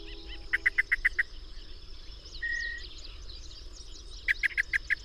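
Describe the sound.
Bird song: a rapid series of six even notes, a short flat whistle, then another fast run of repeated notes, over hiss and faint buzzing.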